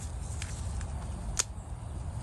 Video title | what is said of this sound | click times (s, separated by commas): How To Easily Convert An Easter Egg Into An Air Layering Pod | And it's snapped in place just nicely. | 1.4 s